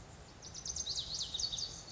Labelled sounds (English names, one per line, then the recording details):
Lazuli Bunting
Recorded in Sonoma County, California